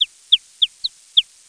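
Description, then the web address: Chicken chick peeping: five clear, high, downward-slurred peeps, each very short and evenly spaced, with a faint high hiss behind. "MOBICLIC 12. poussin"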